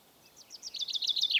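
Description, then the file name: Common chaffinch song fragment: a series of rapid, high, repeated downslurred notes growing louder toward the end, cut off mid-phrase. "Fringilla coelebs"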